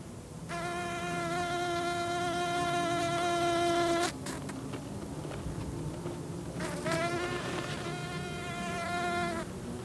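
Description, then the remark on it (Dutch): A bee buzzes in two bursts as it flies between restharrow flowers, a steady, harmonic-rich drone that shifts pitch slightly as it moves, with a brief pause and some rustling clicks between flights. “Maar dit bijtje hier, dat gaat gewoon op het stalkruid.”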